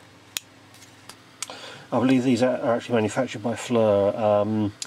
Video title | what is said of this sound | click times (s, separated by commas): Audi night vision thermal imaging camera teardown | and then just clicks into place | 0.4 s